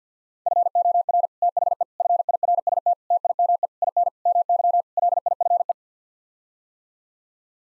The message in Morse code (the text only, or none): FOR THE FIRST TIME IN MY LIFE